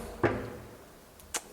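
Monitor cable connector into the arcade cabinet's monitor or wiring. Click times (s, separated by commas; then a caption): 1.2 s. A monitor cable connector is plugged into the monitor or wiring of a DIY arcade cabinet during wiring. A dull thump at about 0.2 s is followed by a faint click at 1.2 s and a sharper tap at about 1.4 s. The connector clicks in and is seated at 1.2 s.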